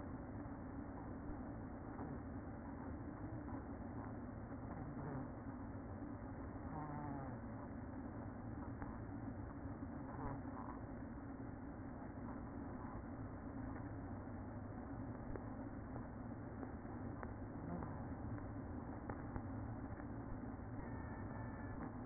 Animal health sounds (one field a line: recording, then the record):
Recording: honeybee colony, microphone inside the hive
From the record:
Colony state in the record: queen present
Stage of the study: after two queens were removed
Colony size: about 60,000 bees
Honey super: yes